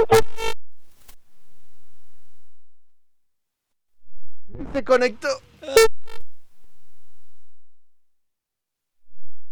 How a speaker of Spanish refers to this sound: Bueno, el teléfono. Oh, está llamando. Está llamando.